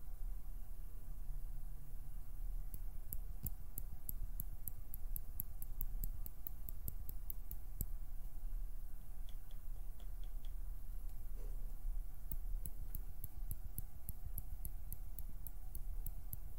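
Plucking and finger fluttering make quick bursts of sharp, bright ticks from about 3 to 8 seconds and again after 12, over a steady low rumble.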